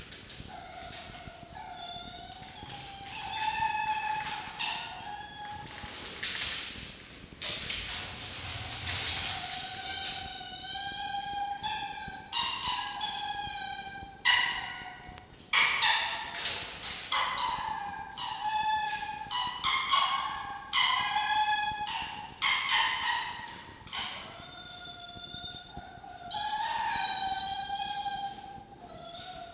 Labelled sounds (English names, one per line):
Red Fox